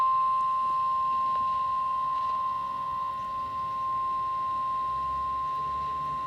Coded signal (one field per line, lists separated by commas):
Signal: Emergency Alert System (SAME) tones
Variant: 1050 Hz attention tone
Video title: EAS Alerts + Severe Weather Event From 4/30/22.